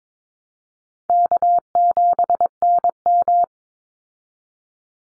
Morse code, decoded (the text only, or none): K7NM